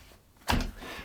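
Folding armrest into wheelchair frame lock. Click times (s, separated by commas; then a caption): 0.5 s. A folding aluminum armrest on a Dyna-Living travel wheelchair is swung back up into the frame and locks into its latch with one sharp click at 0.5 s, followed by a brief ringing decay over a quiet background. The armrest is confirmed locked in place.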